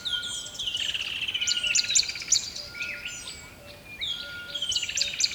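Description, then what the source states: Bird song, high twittering phrases with rapid trills and sweeping whistles, repeated in two bursts, over a steady background hiss. Recorded by a river at dawn, close to the bird.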